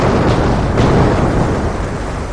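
Several dull, powerful explosions over the sea, from fuel tanks and ammunition blowing up aboard a listing aircraft carrier, merge into one continuous, heavy low rumble. It stays loud throughout, with a couple of brief surges near the start and no voices.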